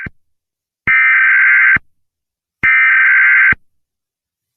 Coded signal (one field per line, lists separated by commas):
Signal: Emergency Alert System (SAME) tones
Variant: header bursts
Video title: EAS Scenario || THE FOG IS COMING